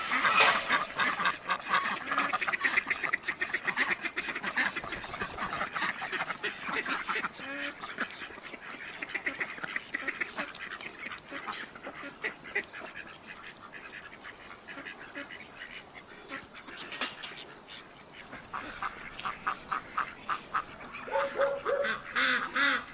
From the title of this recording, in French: A la ferme avec ses animaux